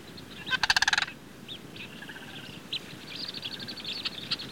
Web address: sandhill crane calls black birds and swallow in bg